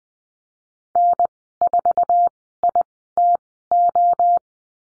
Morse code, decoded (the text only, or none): N4ITO